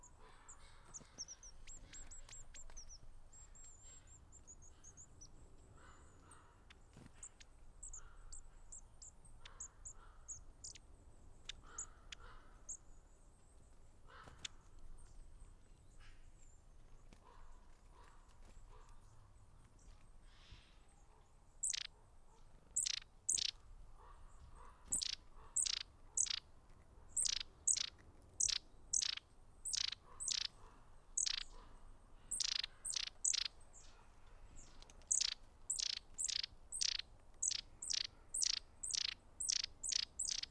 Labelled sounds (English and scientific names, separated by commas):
Long-tailed Tit (Aegithalos caudatus)